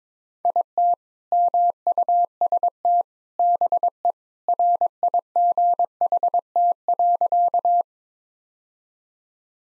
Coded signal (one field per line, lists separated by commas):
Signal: Morse code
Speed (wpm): 21 wpm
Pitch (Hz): 700 Hz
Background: none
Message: IT MUST BE RIGHT.